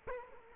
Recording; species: mosquito wingbeat signal from an infrared sensor; Culex quinquefasciatus